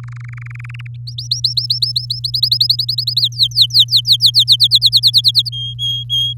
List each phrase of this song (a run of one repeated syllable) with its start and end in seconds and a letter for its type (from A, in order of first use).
0.03-0.87 A, 1.07-2.20 B, 2.24-3.21 C, 3.21-4.56 D, 4.60-5.49 E, 5.52-6.33 F